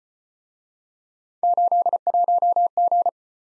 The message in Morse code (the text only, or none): 81G